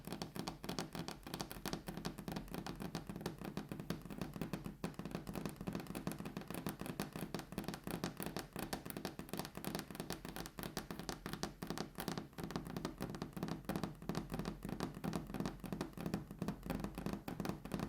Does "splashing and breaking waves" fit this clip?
no